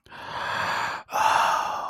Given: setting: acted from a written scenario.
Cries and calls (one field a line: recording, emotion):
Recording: vocal sound without words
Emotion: awe